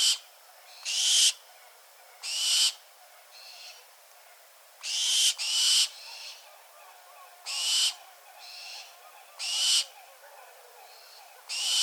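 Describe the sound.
Bird producing rasping, hiss-like screeches in short bursts, loud ones alternating with fainter ones, repeated every one to two seconds.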